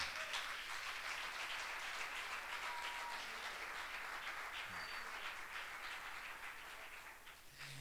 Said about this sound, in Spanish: Denle el aplauso, no es para mí.